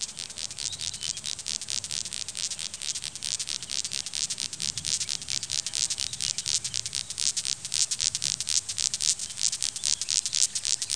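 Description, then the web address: Insect calling with rapid, dense pulsed chirps, high and hissy, repeated continuously throughout and growing slightly louder toward the end. "MOBICLIC. INSECTE"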